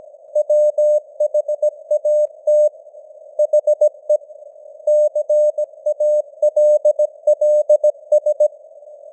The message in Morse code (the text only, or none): WHAT HE CALLS